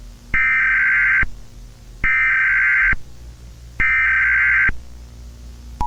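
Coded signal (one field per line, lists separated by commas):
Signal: Emergency Alert System (SAME) tones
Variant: header bursts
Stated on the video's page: Fictional scenario alert with voice acting, not a real activation.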